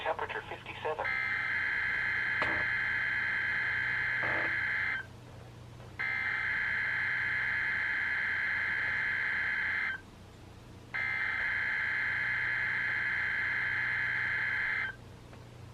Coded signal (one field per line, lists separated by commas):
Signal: Emergency Alert System (SAME) tones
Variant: header bursts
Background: speech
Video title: EAS #34-#42: Two Double Headers and Emergency Management | KHB36